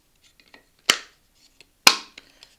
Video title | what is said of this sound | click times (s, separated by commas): Refurbishing Split Wheels For My Audi TT | that pushes through there you get a nice click yeah lovely and then that will spin freely | 1.9 s